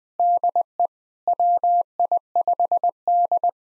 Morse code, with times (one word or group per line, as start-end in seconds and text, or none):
0.2-0.9 DE
1.3-3.5 WI5D